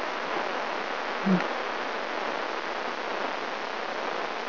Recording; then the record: brain microelectrode recording played as sound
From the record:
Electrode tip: inside the subthalamic nucleus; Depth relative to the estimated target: -1.5 mm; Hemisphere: left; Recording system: AlphaMap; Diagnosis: Parkinson's disease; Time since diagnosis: 20 years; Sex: female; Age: 65 years